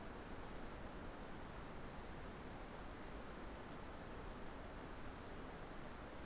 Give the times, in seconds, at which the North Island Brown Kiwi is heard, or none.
none